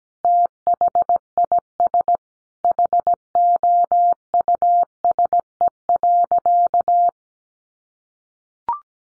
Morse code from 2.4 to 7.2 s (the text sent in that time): HOUSE.